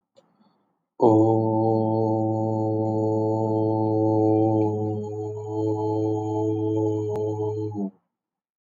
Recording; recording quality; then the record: sustained vowel as in boot; excellent, no background noise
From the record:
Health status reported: healthy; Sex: male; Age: 29 years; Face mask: not worn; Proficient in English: yes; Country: India